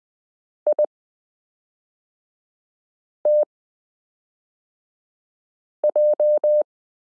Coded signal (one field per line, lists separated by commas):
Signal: Morse code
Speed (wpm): 20 wpm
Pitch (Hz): 600 Hz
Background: none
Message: ITJ